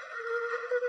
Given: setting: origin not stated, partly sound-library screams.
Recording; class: one-second piece from a danger detection set; woman in danger